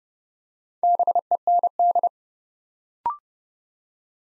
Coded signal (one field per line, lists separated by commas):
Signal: Morse code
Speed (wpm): 30 wpm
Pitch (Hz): 700 Hz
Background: none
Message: BEND